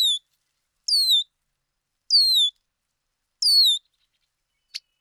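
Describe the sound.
Bird calls: four high descending whistled notes, ending with a single sharp click.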